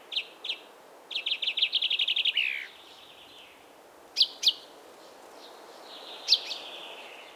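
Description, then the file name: Common chaffinch song: a few separate chinks, then a fast, bright trill of repeated notes ending in a falling flourish, followed by more sharp single notes. "Fringilla coelebs"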